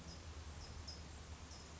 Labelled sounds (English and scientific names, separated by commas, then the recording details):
California Towhee (Melozone crissalis)
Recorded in Sonoma County, California